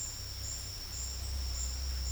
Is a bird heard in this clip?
no